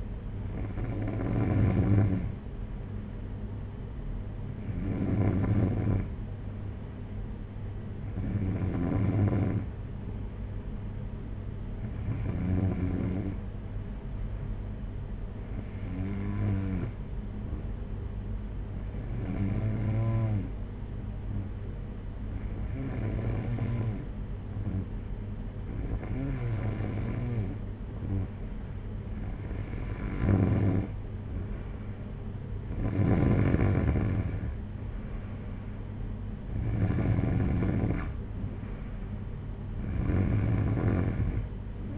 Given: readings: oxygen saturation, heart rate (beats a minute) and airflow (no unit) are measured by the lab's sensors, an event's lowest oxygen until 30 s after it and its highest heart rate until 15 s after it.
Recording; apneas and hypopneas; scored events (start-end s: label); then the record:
breathing in sleep by a smartphone at the bedside; 1
7.00-30.40 s: hypopnea (N3, oxygen 94% highest, then 91% lowest)
From the record:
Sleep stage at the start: N3 (deep sleep); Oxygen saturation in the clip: 92 to 94%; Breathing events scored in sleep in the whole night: 226 in 8.8 hours asleep